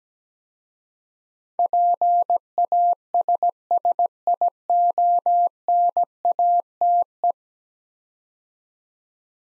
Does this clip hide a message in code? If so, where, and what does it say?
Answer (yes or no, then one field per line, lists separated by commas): yes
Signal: Morse code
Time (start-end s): 1.6-7.3 s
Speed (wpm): 17 wpm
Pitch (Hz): 700 Hz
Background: none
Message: PASSIONATE